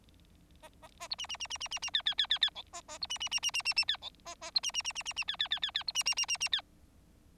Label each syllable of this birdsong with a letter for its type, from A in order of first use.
A A A B C C C C C C C D D D D D E A A B C C C C C C C D E A A B C C C C C C D D D D D B C C C C C D